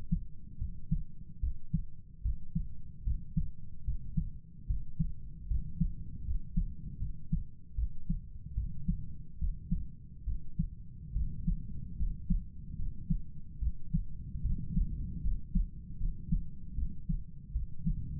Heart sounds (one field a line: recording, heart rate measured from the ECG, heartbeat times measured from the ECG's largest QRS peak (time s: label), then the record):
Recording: heart sounds by stethoscope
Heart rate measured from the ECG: 74 bpm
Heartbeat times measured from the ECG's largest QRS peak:
0.58 s: heartbeat
1.40 s: heartbeat
2.22 s: heartbeat
3.04 s: heartbeat
3.84 s: heartbeat
4.66 s: heartbeat
5.47 s: heartbeat
6.24 s: heartbeat
6.99 s: heartbeat
7.75 s: heartbeat
8.55 s: heartbeat
9.38 s: heartbeat
10.25 s: heartbeat
11.13 s: heartbeat
11.97 s: heartbeat
12.76 s: heartbeat
13.59 s: heartbeat
14.42 s: heartbeat
15.22 s: heartbeat
15.98 s: heartbeat
16.75 s: heartbeat
17.53 s: heartbeat
From the record:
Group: healthy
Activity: rest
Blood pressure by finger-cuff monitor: 109/59 mmHg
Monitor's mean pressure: 75 mmHg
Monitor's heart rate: 74 bpm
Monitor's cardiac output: 7.1 L/min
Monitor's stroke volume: 97 mL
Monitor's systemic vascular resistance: 700 dyn s/cm5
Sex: male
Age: 35 years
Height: 180 cm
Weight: 86.9 kg